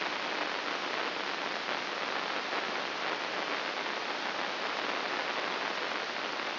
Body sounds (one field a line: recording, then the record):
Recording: brain microelectrode recording played as sound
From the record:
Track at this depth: inside the subthalamic nucleus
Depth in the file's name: 4.585 mm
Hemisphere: left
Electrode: 2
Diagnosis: Parkinson's disease